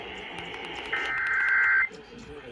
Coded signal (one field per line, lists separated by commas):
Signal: Emergency Alert System (SAME) tones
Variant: header bursts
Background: speech